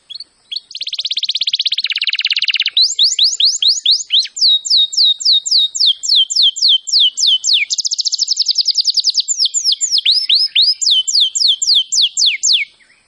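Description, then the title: Canary delivering a sustained song of rolling buzzy trills interleaved with quick downswept whistles, steady fast rhythm throughout, clean recording. Singing in full form, described as gacor. "Kenari Gacor"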